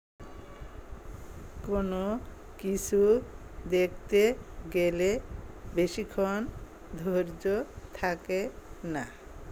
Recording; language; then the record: elicited speech; Bengali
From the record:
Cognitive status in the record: dementia